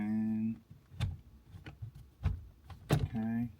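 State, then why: Not seated. An airbag electrical connector is pushed into the steering wheel airbag module socket while an aftermarket carbon fiber steering wheel is installed on a Mustang. Someone talks, with a few brief handling knocks in between. The connector has not clicked or seated.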